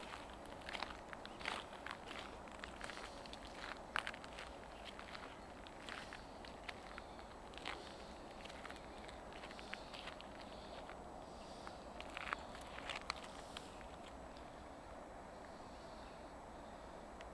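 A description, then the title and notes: By the Saalach river, a steady rush of flowing water fills every moment, dotted with frequent short crunching taps like footsteps on gravel. An der Saalach. Aufnahmen aus dem Berchtesgadener Land.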